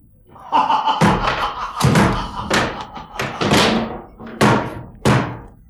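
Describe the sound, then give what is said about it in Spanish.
Heavy, insistent pounding on a door by a housekeeper accompanied by two police officers, about nine loud booming thuds in an uneven rhythm, each blow ringing out briefly before the next. “Alguien llama. ¿Quién es?”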